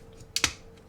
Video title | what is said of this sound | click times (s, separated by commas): 总是用力过猛，是不是设计根源出了问题，变形金刚X社狂飙2 0 | All right, click and lock on | 0.4 s